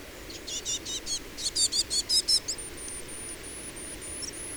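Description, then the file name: Eurasian blue tit calling: a rapid run of about ten high, buzzy repeated notes, followed by a thin, very high whistle. "Cyanistes caeruleus"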